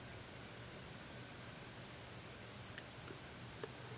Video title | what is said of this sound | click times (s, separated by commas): Aspire Nautilus Tank Clearomizer | 1.4 millimeters can you hear that click | 2.8 s